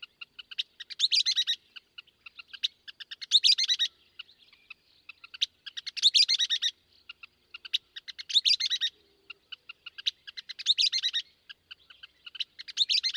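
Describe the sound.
Western kingbird calling: isolated high kips lead into dense, buzzy sputtering phrases, repeated about every two and a half seconds.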